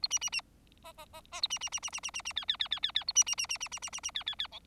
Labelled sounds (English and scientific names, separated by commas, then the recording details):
Bengalese Finch (Lonchura striata domestica) song
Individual Bird4